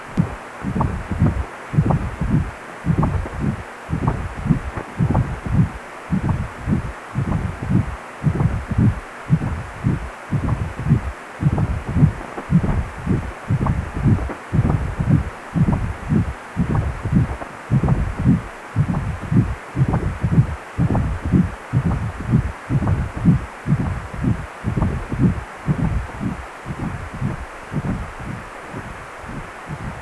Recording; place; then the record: Doppler ultrasound of blood flow; precordium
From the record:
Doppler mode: continuous wave and pulsed wave in the uncut recording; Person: healthy adult, 18 to 50 years, no heart murmur, not diving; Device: 2.5 MHz transducer